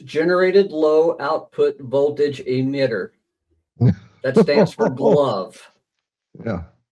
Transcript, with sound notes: Generated low output voltage emitter.
(laughs)
That stands for GLOVE.
Yeah.